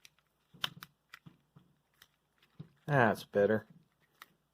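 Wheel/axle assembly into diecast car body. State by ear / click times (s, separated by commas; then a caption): seated / 0.6 s. A wheel and axle assembly is pressed into a diecast toy car body and snaps into place with a sharp click at 0.6 s, followed by a few softer ticks and taps. Someone talks briefly near the end, and the wheel assembly is seated.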